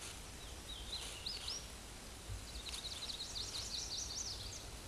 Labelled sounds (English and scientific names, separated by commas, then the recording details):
Hooded Warbler (Setophaga citrina) song
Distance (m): 50 m
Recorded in a Pennsylvania forest on 17 May 2023 at 13:34
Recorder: AudioMoth, point grid1_37_low
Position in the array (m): 42 m, 156 m